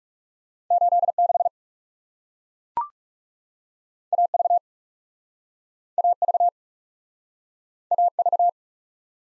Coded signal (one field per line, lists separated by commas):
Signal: Morse code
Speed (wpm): 40 wpm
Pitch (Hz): 700 Hz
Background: none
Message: 8 6 A V A V A V